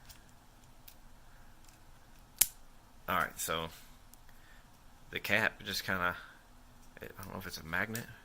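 Someone handles the plastic cap of an Apple Pencil stylus, bringing it toward the end of the pen while talking, unsure whether a magnet holds it. A single sharp tick sounds at about 2.4 s among quiet handling noise and speech. The cap has not yet seated or clicked into place.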